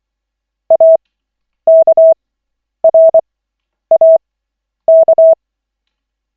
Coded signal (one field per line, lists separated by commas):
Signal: Morse code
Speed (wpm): 24 wpm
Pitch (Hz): 650 Hz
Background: none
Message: AKRAK